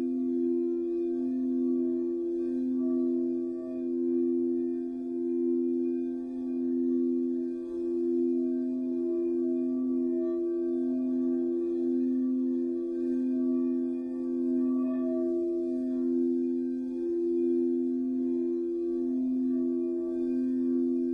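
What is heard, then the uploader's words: Crystal bowls hum a steady low drone with a slow, even pulsing throb, faint higher ringing tones above, continuous throughout. This episode offers a soundscape infused with the gentle, pulsating vibrations of various crystals, creating a calming and meditative atmosphere. Soft tinkling of crystal energy.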